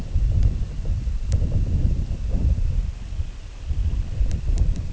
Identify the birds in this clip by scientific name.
Calidris alpina